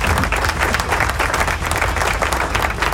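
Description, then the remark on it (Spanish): A steady burst of crowd applause sound effect, many hands clapping densely and loudly at an even level throughout, with no voices rising above it, played on azrockradio.com to salute the Metalhead WhatsApp community group. “Un saludo a la gente del grupo Metalhead, la comunidad de Metalhead del WhatsApp, así que aplauso.”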